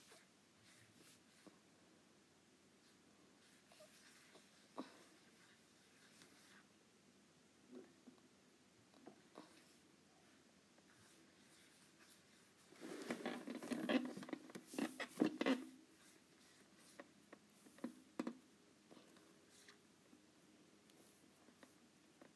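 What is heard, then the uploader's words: A stylus taps and scratches across a tablet screen in sparse, light clicks and short strokes, with quiet stretches between. A dense burst of quick scribbling and tapping runs from about 12.5 to 16 seconds, then isolated taps resume. ASMR Apple Pencil on iPad.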